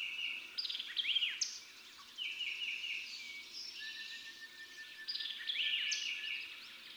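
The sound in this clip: Summer tanager singing burry, slurred phrases in short bursts with brief pauses, over a steady background hiss.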